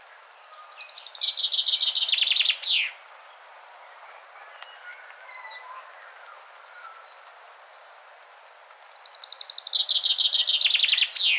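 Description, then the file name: Common chaffinch singing two rattling, descending trill phrases with an emphatic terminal flourish. A quiet gap with faint chirps from other birds separates them. "Fringilla coelebs"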